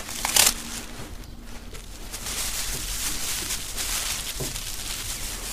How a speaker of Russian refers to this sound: Держа в руках пакет, садится за стол. Снимает с пакета резинки, разворачивает пакет.